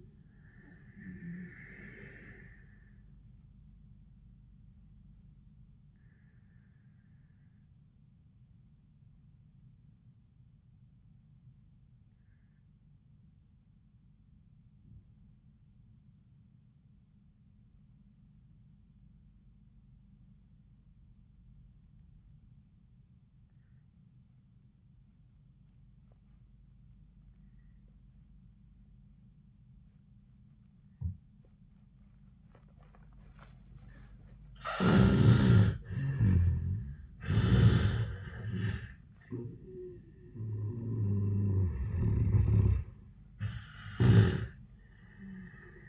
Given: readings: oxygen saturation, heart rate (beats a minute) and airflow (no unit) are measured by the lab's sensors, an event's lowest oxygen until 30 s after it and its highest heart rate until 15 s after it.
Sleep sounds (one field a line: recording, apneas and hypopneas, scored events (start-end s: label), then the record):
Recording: breathing in sleep by a smartphone at the bedside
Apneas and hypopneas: 1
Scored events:
3.00-35.20 s: obstructive apnea (N1, oxygen 95% highest, then 77% lowest, heart rate 91 at the start, 93 highest)
13.00-43.00 s: new sleep stage, N2 (light sleep)
43.00-45.89 s: new sleep stage, N1 (lightest sleep)
From the record:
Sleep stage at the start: N1 (lightest sleep)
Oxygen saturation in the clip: 76 to 95%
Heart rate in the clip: 75 to 93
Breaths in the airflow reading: 2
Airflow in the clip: -19.0 to 12.7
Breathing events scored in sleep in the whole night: 400 in 8.7 hours asleep